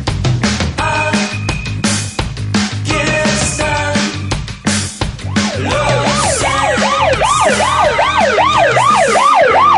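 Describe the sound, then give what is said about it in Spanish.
A garbage truck parked at Santa Cruz 215, at the door of Metro, sounds its siren loudly in fast, repeated rising-and-falling sweeps over a low engine rumble, kicking in partway through after a stretch of busy tonal noise. “Flashero porque se justo estacionó el camión de la basura en Santa Cruz 215, en la puerta de Metro, y yo me asusté, no sé vos, con esa sirena, esa baliza.”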